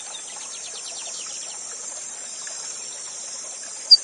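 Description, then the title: Lined seedeater singing a fast run of repeated downslurred chipping notes for over a second, with scattered softer twitters and constant rushing water behind. Bigodinho called Gavião Negro, used as a song-teacher bird (professor de canto), singing live beside a waterfall. "Novo Canto de Bigodinho. Bigode Gavião negro professor de canto cantando ao vivo com cascata!"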